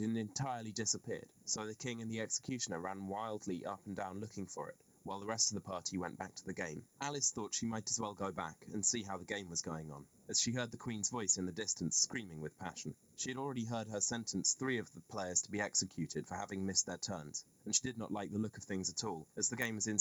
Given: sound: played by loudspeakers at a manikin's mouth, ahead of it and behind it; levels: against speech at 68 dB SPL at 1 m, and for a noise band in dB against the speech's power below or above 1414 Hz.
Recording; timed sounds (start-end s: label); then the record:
test signals for a remote microphone
0.00-20.01 s: man speaking
From the record:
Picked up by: remote microphone A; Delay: 47 ms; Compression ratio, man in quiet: 8.14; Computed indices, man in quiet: SII 0.991, HASPI 1.000, HASQI 0.503 (non-linear 0.584, linear 0.862), ESTOI 0.841